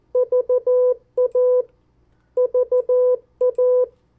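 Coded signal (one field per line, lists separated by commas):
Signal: Morse code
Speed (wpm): 14 wpm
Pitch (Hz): 500 Hz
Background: none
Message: VA VA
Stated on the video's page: Morse code practice of 50 US state abbreviations sent at variable speeds for CW copy practice.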